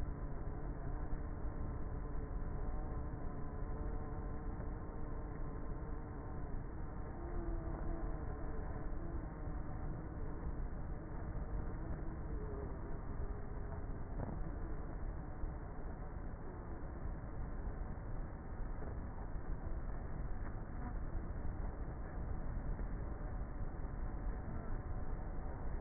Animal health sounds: honeybee colony, microphone inside the hive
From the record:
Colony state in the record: queenless with a low population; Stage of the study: before two queens were removed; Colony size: about 30,000 bees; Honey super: no

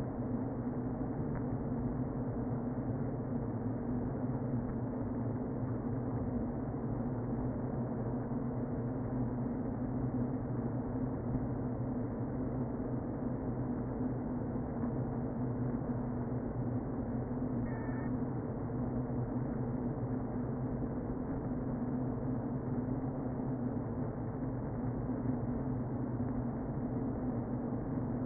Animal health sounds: honeybee colony, microphone inside the hive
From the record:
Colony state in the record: queen present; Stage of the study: before two queens were removed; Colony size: about 60,000 bees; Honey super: yes

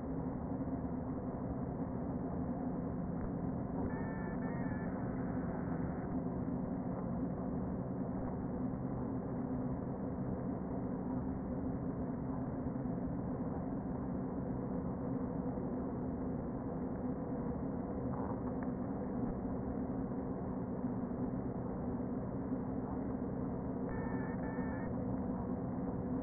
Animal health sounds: honeybee colony, microphone inside the hive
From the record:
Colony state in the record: queen present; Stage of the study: before two queens were removed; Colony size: about 60,000 bees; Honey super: yes

